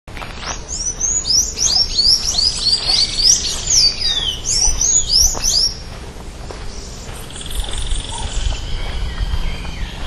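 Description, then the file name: Sayaca tanager calls: a dense run of thin, high chirps for about six seconds, then quieter, with a low rumble of background noise throughout. Recorded at Itaparica on 12 January 2017. "Thraupis-sayaca--- 2017-01-12-Itaparica---Jorge-La-Grotteria"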